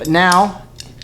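Someone talks while compressing a piece and sliding a metal key lock mechanism into the tailgate latch assembly of a K5 Blazer or GMC Jimmy tailgate being converted from power to manual window. After the talking stops, two faint, sharp metallic ticks are heard at about 0.8 s and 1.0 s. Nothing has seated yet.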